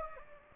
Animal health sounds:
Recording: mosquito wingbeat signal from an infrared sensor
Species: Anopheles gambiae

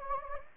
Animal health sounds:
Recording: mosquito wingbeat signal from an infrared sensor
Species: Anopheles gambiae

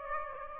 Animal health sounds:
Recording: mosquito wingbeat signal from an infrared sensor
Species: Aedes albopictus

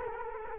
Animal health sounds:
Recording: mosquito wingbeat signal from an infrared sensor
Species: Culex quinquefasciatus

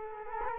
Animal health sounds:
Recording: mosquito wingbeat signal from an infrared sensor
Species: Culex quinquefasciatus

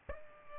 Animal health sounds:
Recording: mosquito wingbeat signal from an infrared sensor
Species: Aedes albopictus

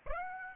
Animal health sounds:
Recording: mosquito wingbeat signal from an infrared sensor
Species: Aedes aegypti

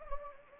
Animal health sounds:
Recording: mosquito wingbeat signal from an infrared sensor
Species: Anopheles gambiae

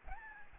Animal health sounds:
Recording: mosquito wingbeat signal from an infrared sensor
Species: Aedes albopictus

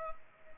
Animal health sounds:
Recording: mosquito wingbeat signal from an infrared sensor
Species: Culex pipiens

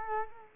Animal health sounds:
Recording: mosquito wingbeat signal from an infrared sensor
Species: Culex quinquefasciatus

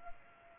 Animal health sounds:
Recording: mosquito wingbeat signal from an infrared sensor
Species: Culex pipiens

